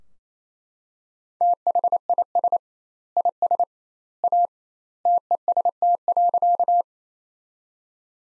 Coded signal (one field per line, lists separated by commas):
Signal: Morse code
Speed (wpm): 28 wpm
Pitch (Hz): 700 Hz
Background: none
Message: THIS IS A TEST.